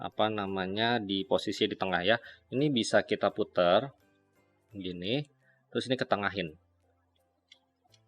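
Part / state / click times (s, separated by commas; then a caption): arm joint of a plastic transforming robot figure / not seated / none. Someone talks while turning the split arm of a plastic transforming robot figure, the Mechanical Team MT-04 Hightower, toward the center. A few faint ticks of handling are heard near the end, at about 7.5, 7.9 and 8.1 seconds. The arm joint has not yet clicked into its center position when the clip ends.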